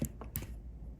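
A seated microSD card in a GoPro Hero 10 action camera's push-push card slot is pressed down to release the latch. Light clicks at about 0.1 s and 0.2 s lead to a sharper click at 0.4 s as the latch releases and the card pops out.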